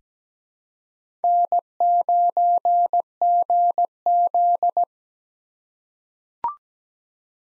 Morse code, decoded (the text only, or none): N9GZ